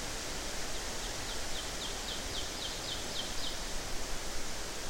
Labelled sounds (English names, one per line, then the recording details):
Ovenbird song
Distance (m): 80 m
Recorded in boreal forest in Alberta, Canada, on 12 June 2016 at 06:14
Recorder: SongMeter 3, array SBT-3-18
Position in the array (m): 68 m, 311 m
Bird 32